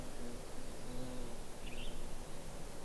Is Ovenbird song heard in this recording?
no